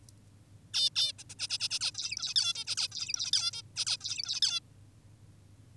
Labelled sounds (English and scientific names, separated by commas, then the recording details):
Zebra Finch (Taeniopygia guttata)
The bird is an adult
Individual g19o10U